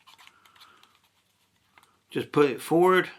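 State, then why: Not seated. A flight battery is lined up on the underside of a DJI Neo drone before being pushed forward to lock, and nothing has clicked or seated yet. Faint soft handling and scratching sounds fill the first second, with brief light taps near 1.8 seconds. Then someone talks.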